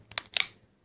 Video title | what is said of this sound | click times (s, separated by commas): Review: OtterBox Defender Case for Samsung Note 2 | so you can hear that nice clicking that's just letting you know that it's really is connected in there | 0.2 s, 0.4 s